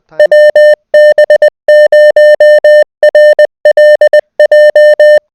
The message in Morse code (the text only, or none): WB0RLJ